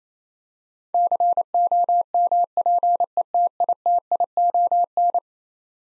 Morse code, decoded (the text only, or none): COMPETITION